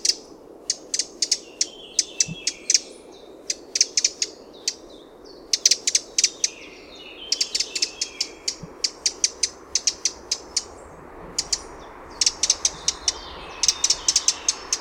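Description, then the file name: Eurasian wren uttering rapid runs of hard ticking clicks, almost rattling in places, in dense bursts across the whole stretch, with faint high whistles in between. "Troglodytes troglodytes"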